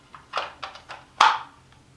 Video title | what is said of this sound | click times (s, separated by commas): JoeNerd11 V-Build Pt. 2 - G.I. Joe - COBRA IMP | snap in place they're not going to fall out or anything | 1.2 s